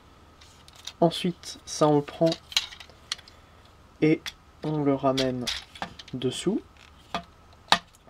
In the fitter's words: vient se clipser comme ça